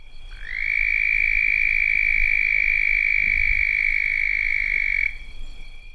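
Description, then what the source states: Red-spotted toad giving one long, steady, high musical trill that starts quickly, holds an even pitch for over four seconds, then stops, over faint low background rumble. A single call.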